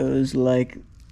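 A fuel controller's wiring plug is handled at a 2021 Kawasaki KLX300 motorcycle's wiring harness connector, about to be plugged in, while someone talks for the first 0.7 seconds. After that come only a few faint ticks near 0.9–1.1 seconds. The connector has not clicked or seated yet.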